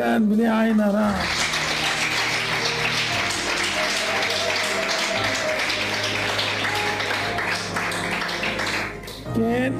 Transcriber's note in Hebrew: מחיאות כפיים